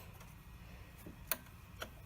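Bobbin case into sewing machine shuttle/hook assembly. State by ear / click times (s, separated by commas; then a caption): seated / 1.3 s. A bobbin case holding its bobbin is pressed into the hook area of a Singer Home sewing machine, with its protruding finger sitting in the notch. A sharp click at 1.3 s marks the case seating in place, followed by a softer tick at 1.8 s against a low, steady background hum.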